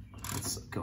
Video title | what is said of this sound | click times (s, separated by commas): 2021 Explorer Wiper Arm Transmission Replacement | ahead and all right click | 0.7 s